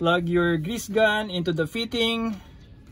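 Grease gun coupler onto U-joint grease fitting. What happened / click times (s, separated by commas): Handled, not yet home: no coupler click heard, only talk / none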